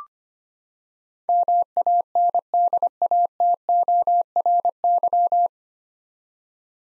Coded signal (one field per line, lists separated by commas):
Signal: Morse code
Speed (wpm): 25 wpm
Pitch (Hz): 700 Hz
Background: none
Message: MANDATORY